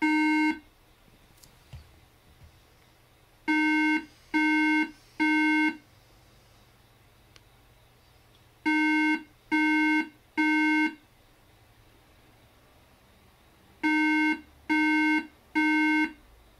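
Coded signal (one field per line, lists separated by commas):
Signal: beep code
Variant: Apple Mac startup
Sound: three buzzy mid-pitched beeps, a pause, repeated three times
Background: quiet room, faint clicks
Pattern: 3 short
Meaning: Three beeps mean no good RAM found or memory failure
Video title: Wash IMACA1311COREI5 with water to repair Macintosh junk! Mac beep sound 3 times repair YouTube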